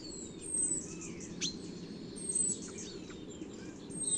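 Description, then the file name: European robin giving thin, very high notes with a few short sliding whistles, over a steady low rumble of background noise. "Erithacus rubecula"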